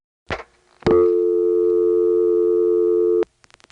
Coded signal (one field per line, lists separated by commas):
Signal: telephone call progress tone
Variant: North America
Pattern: dial tone